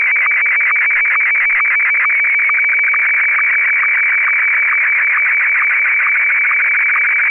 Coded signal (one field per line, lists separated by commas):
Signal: SSTV (slow-scan television)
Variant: Martin 1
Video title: N6NA SSTV Net - 02/01/2023